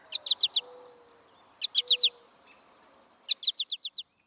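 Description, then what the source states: American Goldfinch flight calls: three bursts of four to six quick high chipping notes, spaced about one and a half seconds apart. Goldfinches appear to recognize flight calls of different individuals; mated pairs learn to make identical flight calls.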